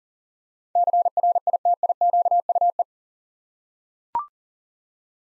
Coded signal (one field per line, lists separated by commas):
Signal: Morse code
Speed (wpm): 40 wpm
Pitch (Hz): 700 Hz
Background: none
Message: CRITIQUE